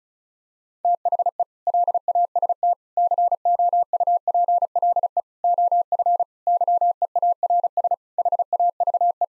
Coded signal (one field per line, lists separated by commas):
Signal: Morse code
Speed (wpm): 34 wpm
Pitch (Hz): 700 Hz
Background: none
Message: THE LAST COUPLE OF YEARS HAVE